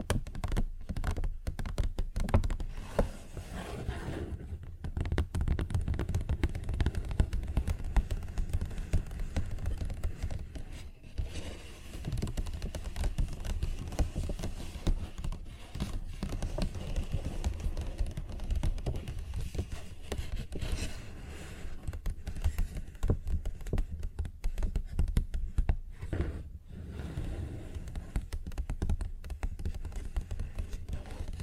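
A paper bag is tapped and scratched in a dense, busy run of small crinkly taps and rubbing strokes that continues for the whole stretch. The sound sits mostly low with a dry papery edge, broken by brief pauses near 5, 11, 20 and 26 seconds.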